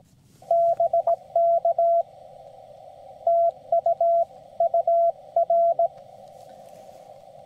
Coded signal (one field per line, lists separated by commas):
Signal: Morse code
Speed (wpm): 18 wpm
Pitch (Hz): 680 Hz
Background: none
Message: BK TU UR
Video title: Summits On The Air QRP CW Dipole Action Atop Iron Mountain